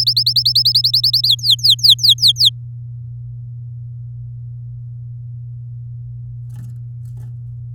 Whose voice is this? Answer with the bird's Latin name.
Serinus canaria